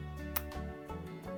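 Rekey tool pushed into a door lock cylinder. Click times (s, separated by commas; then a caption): 0.4 s. A rekey tool is pushed into the reset hole of a Kwikset SmartKey door lock cylinder and seats with a short, sharp little click at 0.4 s. The click rises over a steady musical background.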